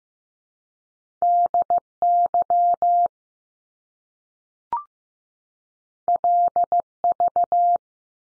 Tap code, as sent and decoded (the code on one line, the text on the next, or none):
none